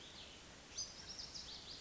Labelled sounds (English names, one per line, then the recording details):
Cassin's Vireo
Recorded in Sonoma County, California